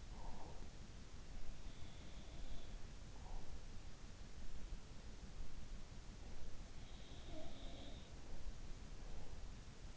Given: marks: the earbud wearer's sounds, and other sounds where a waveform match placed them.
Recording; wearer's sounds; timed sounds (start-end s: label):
sounds in sleep by an in-ear microphone; breath
0.00-0.81 s: breath
1.40-3.01 s: sound from someone else or the room
6.79-8.61 s: sound from someone else or the room